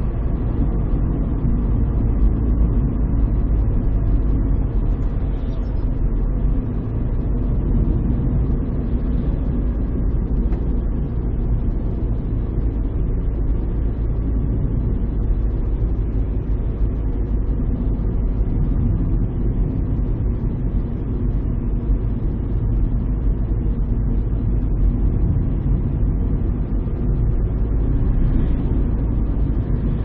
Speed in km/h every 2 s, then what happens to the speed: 59, 56, 54, 49, 45, 42, 41, 41, 41, 39, 39, 39, 40, 42, 43.
0-10 slows to 42. 10-30 steady at about 41.